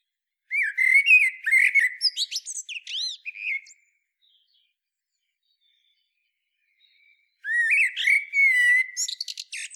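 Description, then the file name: Common blackbird giving two song phrases separated by a long pause, fluted warbling mixed with squeaky high twittering, the second phrase cut off at the end. "Turdus merula"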